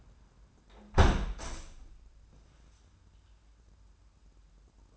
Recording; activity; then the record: daily activity, microphone in the room; close window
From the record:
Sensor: 2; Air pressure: 994.3 hPa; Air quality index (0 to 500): 208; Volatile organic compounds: 1000 ppm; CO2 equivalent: 6912 ppm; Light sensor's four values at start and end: 70/163/68/68 and 71/169/69/69